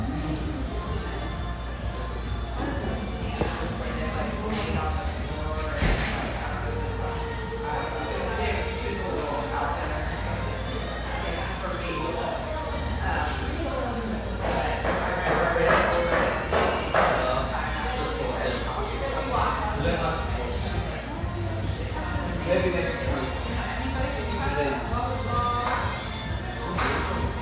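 Lively chatter fills a spacious tea room, many voices overlapping into a steady, dense murmur. Now and then a single voice rises above the rest, and the crowd swells a little louder around the middle. Light clinks and knocks turn up occasionally underneath.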